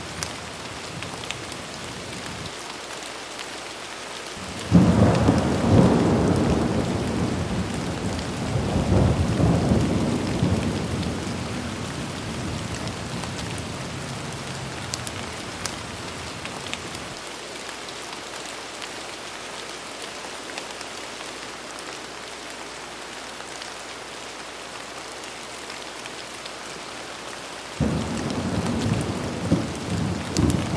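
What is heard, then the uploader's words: Medium rain hisses steadily throughout, with deep rumbling swells around five to fifteen seconds and again near the end, like distant thunder. Medium Rain Sounds.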